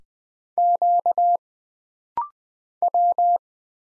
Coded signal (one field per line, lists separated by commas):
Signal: Morse code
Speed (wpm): 20 wpm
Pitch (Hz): 700 Hz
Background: none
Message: Q W